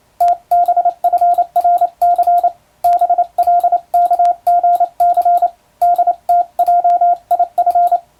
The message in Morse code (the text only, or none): TBFRC BLKGC DTJIF